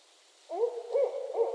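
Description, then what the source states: Barred owl call, a series of low hoots that bend up and down in pitch, lasting about a second, over soft background hiss. During mating season in northern Michigan; owls heard starting their calls.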